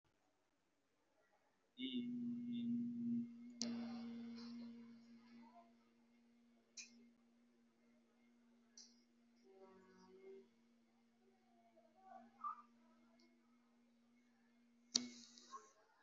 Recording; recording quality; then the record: sustained vowel as in beet; excellent, no background noise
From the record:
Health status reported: recovered from COVID-19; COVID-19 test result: positive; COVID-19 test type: RT-PCR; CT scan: taken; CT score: 0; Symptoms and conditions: cold, muscle pain, pneumonia, another respiratory illness, another condition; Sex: male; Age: 33 years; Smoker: no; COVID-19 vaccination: both doses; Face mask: worn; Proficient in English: yes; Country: India